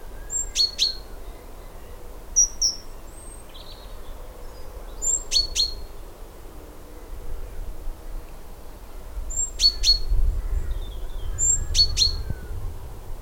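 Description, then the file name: Great tit calls, sharp double notes with a ringing tone, given four times at irregular intervals of two to five seconds, with faint high chirps between them. "Parus major"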